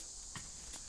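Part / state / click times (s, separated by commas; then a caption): sharpening stone into sharpener base / not seated / none. A sharpening stone, or hone, is handled as it is put back onto the base of an at-home knife sharpening system, giving two soft knocks at about 0.4 s and 0.8 s over a steady hiss. Nothing has seated or clicked into the base yet.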